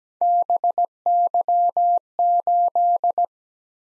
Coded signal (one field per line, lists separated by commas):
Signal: Morse code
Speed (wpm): 17 wpm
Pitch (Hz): 700 Hz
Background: none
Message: BY8